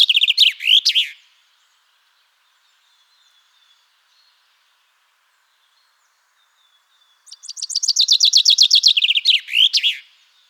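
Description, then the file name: Common chaffinch song, twice: the tail end of one song opens, then after a long quiet gap a full accelerating cascade of clear notes finishes with an emphatic flourish. "Fringilla coelebs"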